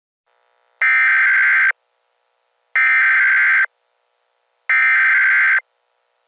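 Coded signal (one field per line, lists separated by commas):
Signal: Emergency Alert System (SAME) tones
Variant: header bursts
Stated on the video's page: Fictional supernatural EAS scenario set in Pocatello, Bannock County, Idaho; simulated, not a real alert.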